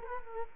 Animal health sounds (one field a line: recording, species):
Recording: mosquito wingbeat signal from an infrared sensor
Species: Culex quinquefasciatus